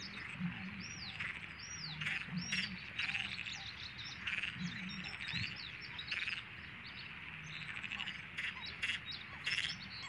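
Eurasian bitterns boom in the marsh at daybreak, short low hoots recurring every second or two, under a busy layer of Perez's frogs. Bright bird chirps and whistling calls come in frequent bursts throughout, over a steady low hum.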